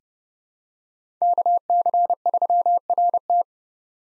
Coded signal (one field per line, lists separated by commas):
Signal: Morse code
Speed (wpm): 30 wpm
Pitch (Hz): 700 Hz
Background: none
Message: KC3RT